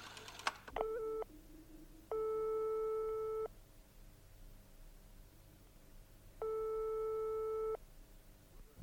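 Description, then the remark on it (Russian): In a hot, stuffy phone booth, after a coin is dropped in and a number dialed: a click, then a steady mid-pitched telephone ringing tone, one short burst followed by two longer buzzing tones about a second and a half each, separated by quiet pauses. No one speaks. “Он забрался в раскаленную духоту будки, опустил монету и набрал номер.”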